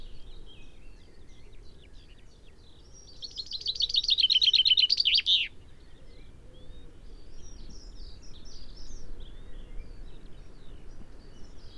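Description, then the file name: Common chaffinch song: about two and a half seconds of fast, cascading chip notes that tumble into a final twirled ending, with soft background bird notes around it. "Fringilla coelebs"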